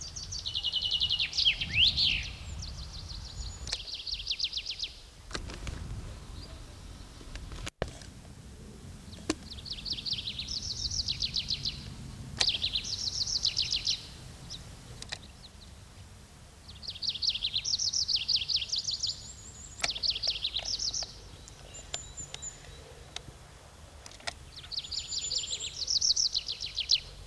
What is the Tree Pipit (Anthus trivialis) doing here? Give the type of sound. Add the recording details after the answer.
song. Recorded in the wild. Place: Montreux, Kanton Waadt, CH. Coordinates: 46.4314, 6.93778. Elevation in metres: 1051. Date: 1986-05-25. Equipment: Uher 4000 Report, Sennheiser MKH 815 T. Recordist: Tretzel, Erwin